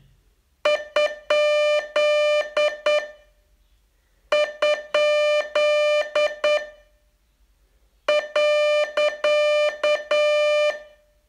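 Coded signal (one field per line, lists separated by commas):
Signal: Morse code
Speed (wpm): 8 wpm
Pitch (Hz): 600 Hz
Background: none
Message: ??.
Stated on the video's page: Morse code training lesson, day 38 of a 42-day course.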